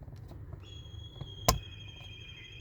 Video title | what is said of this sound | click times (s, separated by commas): How to replace air intake door actuator in Kia Sportage | Line up the connector with the socket, then push it straight in until you hear or feel a solid click. | 1.5 s